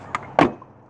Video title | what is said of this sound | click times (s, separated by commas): Van Life introduction 1 from Portland, Oregon 2018 | snaps back into place | 0.4 s